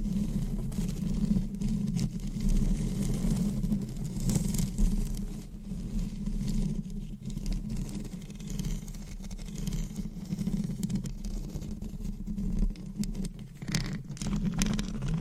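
Scratching on a microphone, heard as a dense, continuous low rumble with rough, grainy texture throughout. Brief brighter crackles and scrapes flick through irregularly, with a busier burst around four to five seconds and more near the end.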